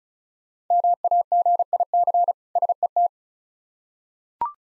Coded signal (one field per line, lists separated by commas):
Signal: Morse code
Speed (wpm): 36 wpm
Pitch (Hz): 700 Hz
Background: none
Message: MAGIC SET